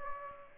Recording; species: mosquito wingbeat signal from an infrared sensor; Aedes aegypti